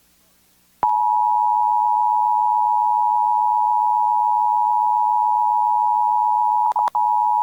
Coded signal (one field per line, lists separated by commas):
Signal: Emergency Alert System (SAME) tones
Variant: 853 and 960 Hz attention tone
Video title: Monthly EAS Tests from 9/6/23-9/7/23 (EAS #1,466-1,477)